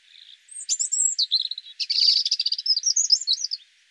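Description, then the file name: European robin song: a high, fluid phrase of thin whistles and quick trills that tumble up and down, with a rapid buzzy run in the middle. "Erithacus rubecula"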